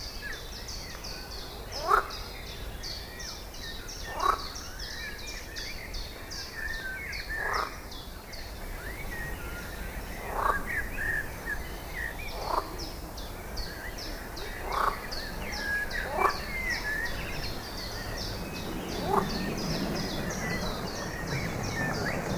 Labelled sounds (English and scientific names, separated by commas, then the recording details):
Edible Frog (Pelophylax esculentus) call
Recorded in the wild
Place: Lübars (Fließtal), Berlin, DE
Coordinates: 52.6167, 13.35
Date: 2000-06-12 18:13
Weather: bedeckt, 24°C
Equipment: Marantz CP 430, Sennheiser ME 80, Kopie Uher 4000 Report Monitor
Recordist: Tembrock, Günter